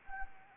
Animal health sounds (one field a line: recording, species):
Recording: mosquito wingbeat signal from an infrared sensor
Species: Anopheles gambiae